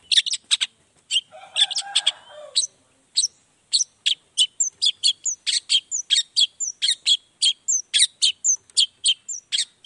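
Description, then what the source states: Long-tailed shrike song: long lively series of sharp high notes and short slurred whistles, repeated steadily with a brief chatter near the start. Cendet in full 'gacor' song in the morning with 'toet toet' sound variation, played to make other shrikes respond quickly.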